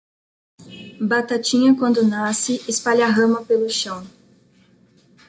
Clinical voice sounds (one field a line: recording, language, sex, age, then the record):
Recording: short text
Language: Brazilian Portuguese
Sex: female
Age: 20 to 29 years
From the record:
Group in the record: control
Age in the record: 23 years